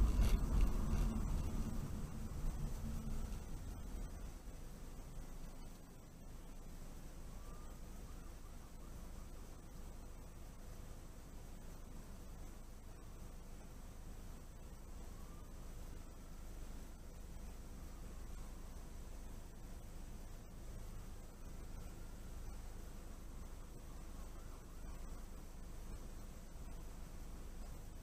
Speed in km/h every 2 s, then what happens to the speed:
27, 16, 6, 0, 0, 0, 0, 0, 0, 0, 0, 0, 0, 0.
0-6 brakes to 0. 6-28 standing.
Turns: none.